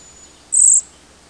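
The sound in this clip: Cedar waxwing call: one very high, thin, hissing note held briefly and evenly, with a fainter thin tone just before it.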